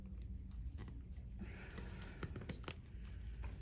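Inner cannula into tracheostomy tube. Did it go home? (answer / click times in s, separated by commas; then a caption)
yes / 2.5 s. An inner cannula, taken out of saline, is put back into a tracheostomy tube and clicks into place at 2.5 s, confirmed as seated. Softer handling taps come before the click, and a few small knocks follow it over a low steady background hum.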